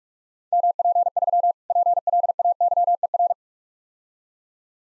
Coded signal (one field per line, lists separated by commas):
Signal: Morse code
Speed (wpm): 46 wpm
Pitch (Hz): 700 Hz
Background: none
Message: MP3 PLAYER